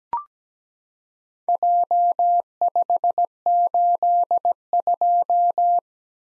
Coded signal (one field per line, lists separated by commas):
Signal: Morse code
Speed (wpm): 17 wpm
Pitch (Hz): 700 Hz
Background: none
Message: J582